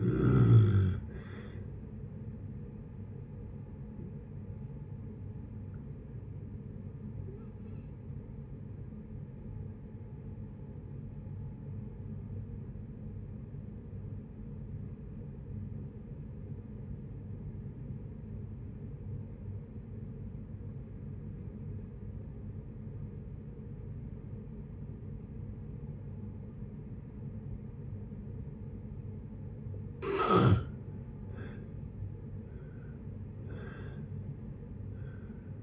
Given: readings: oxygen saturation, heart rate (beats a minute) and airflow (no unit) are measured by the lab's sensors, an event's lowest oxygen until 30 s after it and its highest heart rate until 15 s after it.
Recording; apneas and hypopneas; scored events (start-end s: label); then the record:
breathing in sleep by a smartphone at the bedside; 1
10.00-31.50 s: obstructive apnea (N1, oxygen 96% highest, then 77% lowest, heart rate 58 at the start, 70 highest)
13.00-35.63 s: new sleep stage, N2 (light sleep)
From the record:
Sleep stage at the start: N1 (lightest sleep); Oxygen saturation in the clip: 83 to 96%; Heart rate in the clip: 56 to 72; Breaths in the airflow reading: 5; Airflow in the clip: -6.9 to 6.9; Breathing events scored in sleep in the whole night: 496 in 5.4 hours asleep